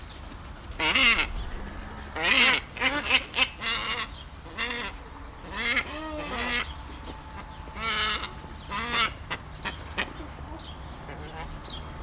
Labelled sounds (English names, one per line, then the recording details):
Hadada Ibis call
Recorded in captivity
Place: Tierpark Berlin, Berlin, DE
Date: 1996-05-01 17:47
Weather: heiter, 17°C
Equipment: Sony MD-WM MZ-R3, Sennheiser MKH 416 T, Kopie Uher 4000 Report Monitor
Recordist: Tembrock, Günter